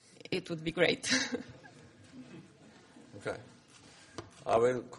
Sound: laughter